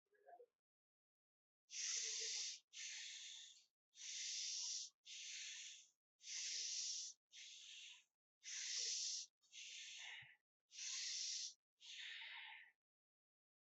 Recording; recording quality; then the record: deep breathing; excellent, no background noise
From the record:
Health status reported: exposed to COVID-19, no respiratory illness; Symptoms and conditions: diabetes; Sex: male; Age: 35 years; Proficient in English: yes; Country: India